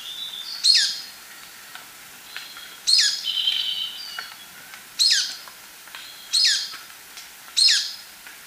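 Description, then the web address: Golden-crowned Flycatcher calls: piercing, high squeaky notes spaced every one to two seconds, with faint thin whistles between them. Ecuador. "Birds of Ecuador. Golden-crowned Flycatcher"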